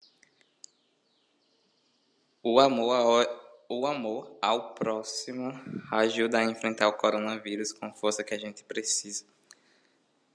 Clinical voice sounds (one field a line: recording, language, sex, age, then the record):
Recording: spoken sentence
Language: Brazilian Portuguese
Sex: male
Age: 20 to 29 years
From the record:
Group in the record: control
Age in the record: 24 years